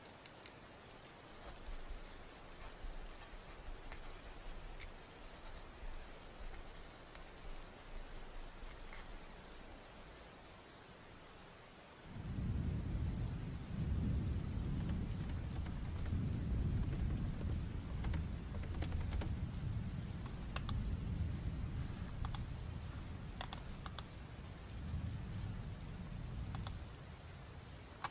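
Rain falls in a steady hiss, with scattered sharp drips and taps throughout. At about twelve seconds a heavy, low rumble swells in, like thunder or a downpour, and keeps rolling and surging until the end while the sharp drops continue.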